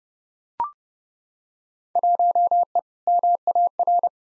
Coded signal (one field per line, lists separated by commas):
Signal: Morse code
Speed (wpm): 29 wpm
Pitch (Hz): 700 Hz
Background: none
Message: 1E MAR